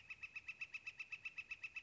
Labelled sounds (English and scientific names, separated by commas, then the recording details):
Northern Flicker (Colaptes auratus)
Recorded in Sonoma County, California